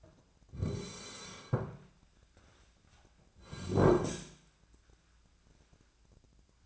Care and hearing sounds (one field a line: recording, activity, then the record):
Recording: daily activity, microphone in the room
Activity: sit down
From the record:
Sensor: 2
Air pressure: 1009.1 hPa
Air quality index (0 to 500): 174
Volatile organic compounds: 2 ppm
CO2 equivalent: 1271 ppm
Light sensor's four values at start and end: 33/87/37/39 and 32/85/36/38